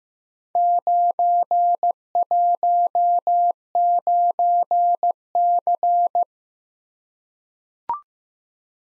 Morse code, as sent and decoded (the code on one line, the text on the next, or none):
----. .---- ----. -.-.
919C